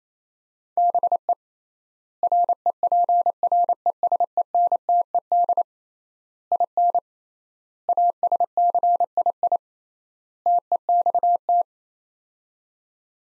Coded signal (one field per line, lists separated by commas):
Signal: Morse code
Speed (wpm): 28 wpm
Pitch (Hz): 700 Hz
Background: none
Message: BE REPRESENTED IN ASCII TEXT